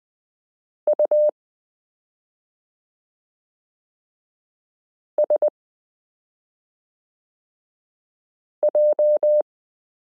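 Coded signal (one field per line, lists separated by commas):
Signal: Morse code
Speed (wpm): 20 wpm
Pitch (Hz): 600 Hz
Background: none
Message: USJ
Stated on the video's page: Koch-method listening lesson 15 introducing the letter e, drilling characters s u a p t l o w i period n j e.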